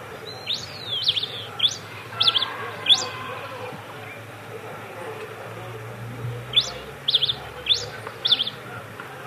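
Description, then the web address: Red pileated finch singing short clusters of bright, high chirps with quick up-and-down slurs, a quiet pause midway, then another run of chirps; faint low hum beneath. Recorded in Ecuador. "Birds of Ecuador 29 Red Pileated-Finch"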